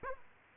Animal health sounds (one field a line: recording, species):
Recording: mosquito wingbeat signal from an infrared sensor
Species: Aedes aegypti